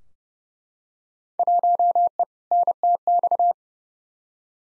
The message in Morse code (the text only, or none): 1E NTX